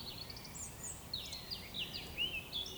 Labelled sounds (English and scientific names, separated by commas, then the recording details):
Eurasian Woodcock (Scolopax rusticola) whistle
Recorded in Baden-Württemberg, Germany, on 19 May 2020 at 19:24 UTC
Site 31917, 145 m above sea level